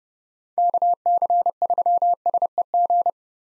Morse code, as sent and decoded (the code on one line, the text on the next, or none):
-.- -.-. ...-- ... . --.
KC3SEG